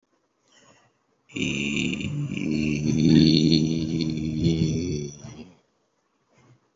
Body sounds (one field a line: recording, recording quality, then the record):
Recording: sustained vowel as in beet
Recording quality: excellent, no background noise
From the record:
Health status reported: healthy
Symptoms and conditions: none ticked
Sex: male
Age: 52 years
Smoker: not ticked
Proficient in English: yes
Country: India